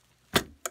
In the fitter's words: this is the secondary click